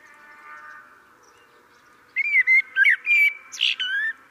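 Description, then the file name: Common blackbird giving a quick burst of loud whistled and chattering notes in the second half, after a quiet stretch with faint low hum. "Turdus merula"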